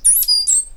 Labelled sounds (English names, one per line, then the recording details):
Stitchbird song
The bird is a male
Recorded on Tiritiri Matangi Island, New Zealand, in 2005
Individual 8, of nest box 10